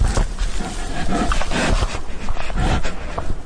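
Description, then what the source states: Bear grunting and handling the microphone: rough, low, noisy sounds throughout. Grunts of bears destroying microphones hidden in United States parks to record sound levels around the clock.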